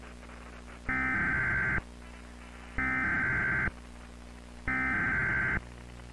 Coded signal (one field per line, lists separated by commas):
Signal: Emergency Alert System (SAME) tones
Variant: header bursts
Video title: EAS Scenario: The Ponderosa Trainwreck (VHS FOUND FOOTAGE)